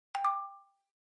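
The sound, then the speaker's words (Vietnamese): A mobile phone's text message alert: two quick electronic notes, a mid-pitched tone followed by a slightly higher one, ringing briefly before fading out. No one speaks. “Vài giây sau, máy di động lại vang lên tiếng tít tít tin nhắn.”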